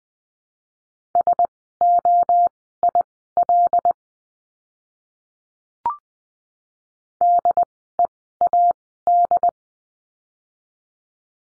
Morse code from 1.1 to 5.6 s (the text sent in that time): SOIL